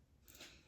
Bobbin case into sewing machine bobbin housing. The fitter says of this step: because there's a little area it's going to slip in, and you will hear it click when you get it just right.